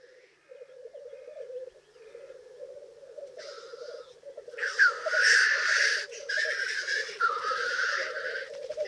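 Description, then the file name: Black grouse bubbling rookoo runs on underneath while loud, rasping hissed calls burst in during the second half, one after another. "Black Grouse (Tetrao tetrix)"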